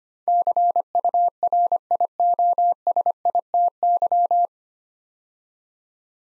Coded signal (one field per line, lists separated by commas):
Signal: Morse code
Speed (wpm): 25 wpm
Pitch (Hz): 700 Hz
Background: none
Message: CURIOSITY